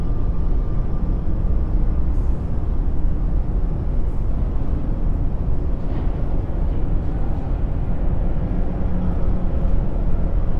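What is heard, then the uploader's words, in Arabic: Sounds from the city skyline: a steady, dense low rumble like far-off traffic that holds an even level throughout. A faint thin tone runs early on, and brief soft clicks or ticks appear around two, four and six seconds above the constant roar. مشهد المدينة الصاخب | أصوات من أفق المدينة. نستدرجك لتصعد 20 طابقًا فوق منظر المدينة المتنوع. إنه يشبه سوناتا حضرية، نسيج من الأصوات التي تتجمع لتشكيل كوكون مريح من التردد البني.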